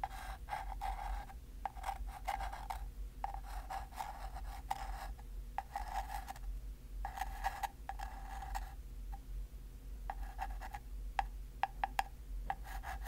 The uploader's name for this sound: tapping, scratching, liquid sounds